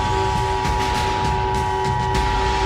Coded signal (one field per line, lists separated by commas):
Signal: Emergency Alert System (SAME) tones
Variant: 853 and 960 Hz attention tone